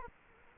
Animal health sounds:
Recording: mosquito wingbeat signal from an infrared sensor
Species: Culex quinquefasciatus

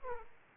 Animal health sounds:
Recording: mosquito wingbeat signal from an infrared sensor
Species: Aedes aegypti

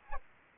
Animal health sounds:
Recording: mosquito wingbeat signal from an infrared sensor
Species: Anopheles arabiensis

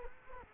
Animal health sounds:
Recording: mosquito wingbeat signal from an infrared sensor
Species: Culex quinquefasciatus

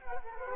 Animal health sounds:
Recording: mosquito wingbeat signal from an infrared sensor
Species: Culex quinquefasciatus

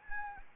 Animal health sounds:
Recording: mosquito wingbeat signal from an infrared sensor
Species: Anopheles gambiae

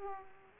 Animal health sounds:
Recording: mosquito wingbeat signal from an infrared sensor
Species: Aedes aegypti

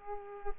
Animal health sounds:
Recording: mosquito wingbeat signal from an infrared sensor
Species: Culex pipiens

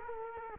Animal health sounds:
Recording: mosquito wingbeat signal from an infrared sensor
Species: Culex quinquefasciatus

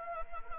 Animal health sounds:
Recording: mosquito wingbeat signal from an infrared sensor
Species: Anopheles arabiensis

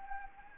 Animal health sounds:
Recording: mosquito wingbeat signal from an infrared sensor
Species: Anopheles gambiae

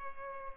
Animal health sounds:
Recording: mosquito wingbeat signal from an infrared sensor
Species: Culex pipiens

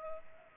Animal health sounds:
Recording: mosquito wingbeat signal from an infrared sensor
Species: Culex pipiens

